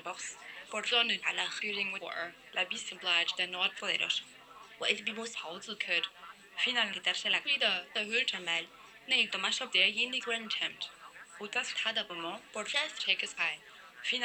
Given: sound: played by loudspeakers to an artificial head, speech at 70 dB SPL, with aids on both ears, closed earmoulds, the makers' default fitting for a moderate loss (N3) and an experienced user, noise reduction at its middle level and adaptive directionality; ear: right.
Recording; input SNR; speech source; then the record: speech test signal (ISTS) in cocktail-party noise; +6 dB; in front (0 degrees)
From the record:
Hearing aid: class 1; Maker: I